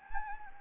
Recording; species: mosquito wingbeat signal from an infrared sensor; Anopheles gambiae